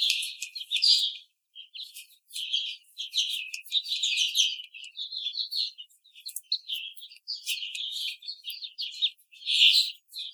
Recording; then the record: young laying hens in a cage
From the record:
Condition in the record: treatment cage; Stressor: simulated dog barking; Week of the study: 5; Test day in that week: 1